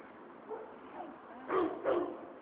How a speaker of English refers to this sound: I think those are loose dogs. Oh. And like he's shooing them off.